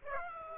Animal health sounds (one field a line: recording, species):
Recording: mosquito wingbeat signal from an infrared sensor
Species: Aedes aegypti